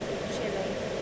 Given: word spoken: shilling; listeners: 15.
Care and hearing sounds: one English word in noise, from a listening test; speech-shaped noise; -4.8 dB; 0 of 15; 13 of 15; 0.62 s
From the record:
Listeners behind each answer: 13, 1, 1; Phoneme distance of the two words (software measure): 27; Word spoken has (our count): 2 syllables, 5 phonemes, stress on syllable 1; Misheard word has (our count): 2 syllables, 4 phonemes, stress on syllable 1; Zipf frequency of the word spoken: 3.30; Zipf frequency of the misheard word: 4.04

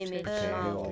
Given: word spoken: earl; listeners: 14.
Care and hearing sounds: one English word in noise, from a listening test; four-talker babble; -0.5 dB; 2 of 14; 7 of 14; 0.52 s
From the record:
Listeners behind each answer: 7, 2, 1, 1, 1, 1, 1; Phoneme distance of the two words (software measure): 34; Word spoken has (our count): 1 syllable, 2 phonemes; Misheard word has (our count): 2 syllables, 4 phonemes, stress on syllable 1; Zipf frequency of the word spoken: 3.97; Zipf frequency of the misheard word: 4.64

